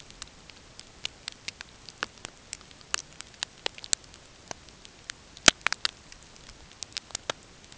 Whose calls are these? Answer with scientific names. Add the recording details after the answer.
none. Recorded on Arctic tundra, site NAIT-1, on 20 June 2018. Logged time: 05:00